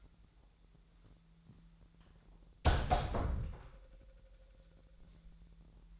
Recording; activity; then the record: daily activity, microphone in the room; close door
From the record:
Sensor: 3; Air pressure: 1001.4 hPa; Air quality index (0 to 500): 248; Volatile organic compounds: 146 ppm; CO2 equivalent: 4007 ppm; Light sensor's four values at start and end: 9/21/8/8 and 9/20/8/8